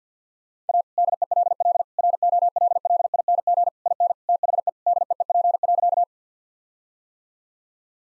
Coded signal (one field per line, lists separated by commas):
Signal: Morse code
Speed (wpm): 50 wpm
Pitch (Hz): 700 Hz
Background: none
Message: A DELL ROLLING IN THE DEEP.